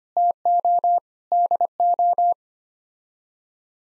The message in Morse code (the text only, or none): TO DO